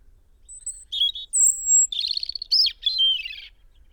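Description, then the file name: European robin song: a varied phrase of thin high whistles, sliding notes and rapid tinkling trills, delivered in quick succession with brief gaps. "Erithacus rubecula"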